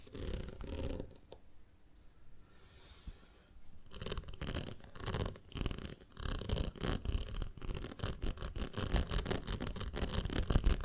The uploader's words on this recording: ASMR of a Honeycomb on Branch (No Talking).